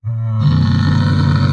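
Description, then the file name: Camel groaning call, a deep throaty rumble that starts low and steady, then thickens into a rough, sustained roar for over a second. Ambient sound of a camel. "骆驼环境声"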